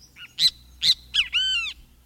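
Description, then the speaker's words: Great Kiskadee calling, a faint note, then three loud harsh syllables followed by a longer ringing note. Its call announces its name; confronts predators such as monkeys and falcons head-on, sometimes riding on a falcon's back; perches above streams; lives along wooded edges near water from South Texas to Argentina. "Not just any songbird can take on a monkey or a falcon, but an unusual flycatcher called the great Kiskadee faces these predators head-on"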